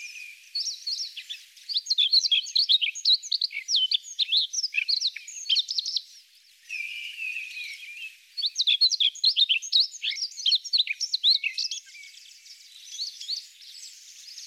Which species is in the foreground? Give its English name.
Himalayan Rubythroat